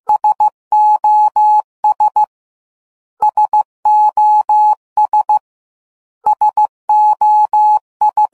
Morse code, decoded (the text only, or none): SOS SOS SOI